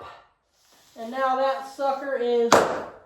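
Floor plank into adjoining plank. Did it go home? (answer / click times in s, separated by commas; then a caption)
no / none. A click-lock floor plank is being handled for tapping with a rubber mallet into the adjoining plank. Someone talks through most of the clip, and a short, sharp broadband knock comes near 2.5 s. Nothing has seated or clicked into place yet.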